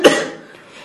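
One sharp acted cough with a quick fade.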